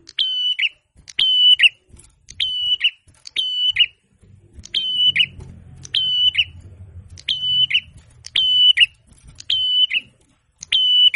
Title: prenjak kepala merah. prenjak atas. cemplir, muda hutan gacor ngalun tanpa henti